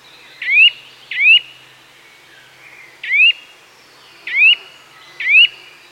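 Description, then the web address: Eurasian nuthatch calling: five loud, upward-sweeping piping notes at uneven intervals. "Sound Effects-BBC. nuthatch calls with chiffchaff blackbird wren blue tit and chaffinch in distance"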